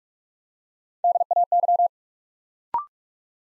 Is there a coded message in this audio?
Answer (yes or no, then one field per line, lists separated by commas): yes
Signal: Morse code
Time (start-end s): 1.0-1.9 s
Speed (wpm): 44 wpm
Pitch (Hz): 700 Hz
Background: none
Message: DAY